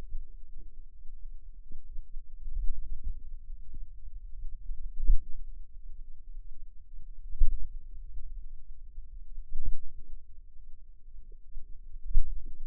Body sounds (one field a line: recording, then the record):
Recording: forearm muscle sounds (acoustic myography)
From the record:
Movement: finger pinch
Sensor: system 2, bracelet of six BSWA MPA416 microphones around the upper forearm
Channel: 1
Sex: female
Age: 22 years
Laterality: right